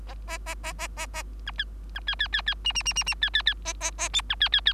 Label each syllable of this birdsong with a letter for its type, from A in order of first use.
A A A A A A A B B C C C C D D D D D C C C A A A E B C C C